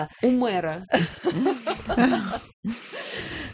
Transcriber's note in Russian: Все смеются